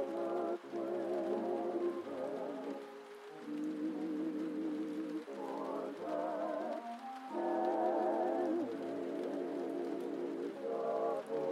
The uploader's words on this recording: Cozy Rainy Night Vibes: Oldies Playing from Another Room. Vintage music from another room.